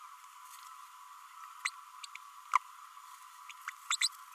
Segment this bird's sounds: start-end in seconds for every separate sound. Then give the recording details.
1.65-1.70, 2.55-2.58, 3.67-3.70, 3.90-3.96, 4.01-4.08. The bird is a male. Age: 33 days. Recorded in a nest box in Venezuela. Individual 17B32A6